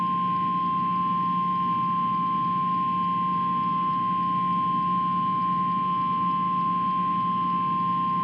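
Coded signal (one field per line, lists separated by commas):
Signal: Emergency Alert System (SAME) tones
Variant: 1050 Hz attention tone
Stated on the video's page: Real EAS alerts from four Logan County, Oklahoma wildfire events in one day.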